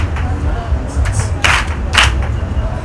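A crowd claps together in a steady beat, with a few sharp, louder clap bursts standing out over a low, continuous rumble of audience noise, as the audience claps along to a call-and-response song.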